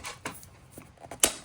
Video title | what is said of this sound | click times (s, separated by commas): Jetson Warren electric bike from Costco. | push it in. And the bike is locked. | 1.2 s